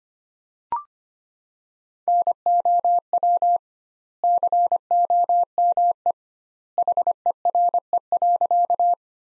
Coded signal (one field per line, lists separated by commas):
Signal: Morse code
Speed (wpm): 25 wpm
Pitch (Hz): 700 Hz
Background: none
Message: NOW COME HERE.